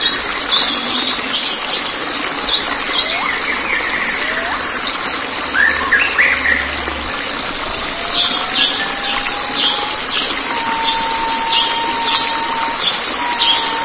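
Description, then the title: White-rumped shama singing, with scattered short high chirps and long, drawn-out whistled notes, the first slowly rising, against constant background hiss. "Kicau Murai Batu"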